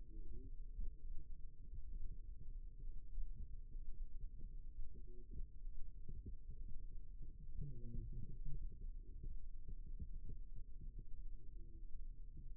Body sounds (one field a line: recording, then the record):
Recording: forearm muscle sounds (acoustic myography)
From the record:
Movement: rest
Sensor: system 2, bracelet of six BSWA MPA416 microphones around the upper forearm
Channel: 4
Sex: male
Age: 22 years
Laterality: right